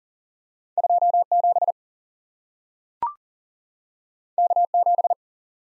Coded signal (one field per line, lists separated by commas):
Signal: Morse code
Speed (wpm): 40 wpm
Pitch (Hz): 700 Hz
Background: none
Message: 27 K7